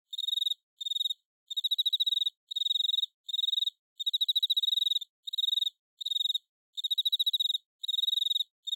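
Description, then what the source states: Cricket chirps in clipped bursts of pulsed trilling, each roughly half a second to a second long, separated by sudden short silences at irregular intervals. Edited sound effect.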